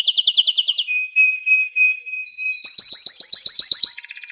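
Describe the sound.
Domestic canary song in quick succession: a fast trill, a few clear whistled notes, then a loud rapid rolling trill ending in a fine buzzy phrase.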